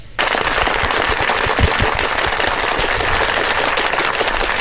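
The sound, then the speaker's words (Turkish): A burst of recorded crowd applause played as a sound effect on a morning show, dense and loud, with many overlapping claps forming a steady crackling wash that starts abruptly and holds evenly for several seconds without any voices. “Alkışı basın.”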